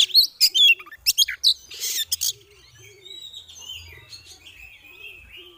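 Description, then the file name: Oriental magpie-robin starting with loud piercing chirps and a harsh buzzy burst, fading into soft whistles. Female kacer (Oriental magpie-robin) calling in the ngeriwik and ngeplong styles; recording intended as bird therapy audio. "Terapi Suara Burung Kacer Betina Ngeriwik Ngeplong"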